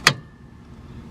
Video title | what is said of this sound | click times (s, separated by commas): 1971 Volkswagen Super Beetle IRS Wheel Bearing Replacement. | There you go. You heard that? Heard how it clicked into place. | 0.1 s